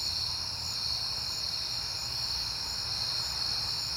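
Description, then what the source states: Crickets calling together in an unbroken high-pitched trill, steady in pitch and volume, above a faint low rumble. Recorded on a peaceful night in September; crickets heard often that month.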